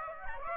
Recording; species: mosquito wingbeat signal from an infrared sensor; Aedes aegypti